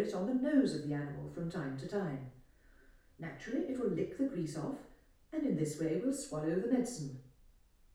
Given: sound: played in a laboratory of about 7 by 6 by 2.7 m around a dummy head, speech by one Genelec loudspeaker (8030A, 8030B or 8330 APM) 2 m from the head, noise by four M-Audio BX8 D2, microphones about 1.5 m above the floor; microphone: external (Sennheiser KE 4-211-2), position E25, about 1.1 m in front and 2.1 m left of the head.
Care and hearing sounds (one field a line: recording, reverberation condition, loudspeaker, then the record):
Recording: female speech in English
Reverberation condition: medium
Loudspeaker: 120 degrees to the right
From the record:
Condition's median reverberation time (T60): about 510 ms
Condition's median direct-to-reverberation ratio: about -0.5 dB